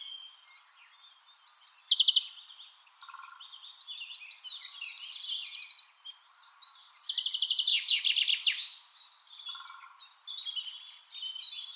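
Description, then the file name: Common chaffinch song: a loud burst of quick notes early on, softer varied notes, then a louder rapid phrase later in the stretch. "Fringilla coelebs"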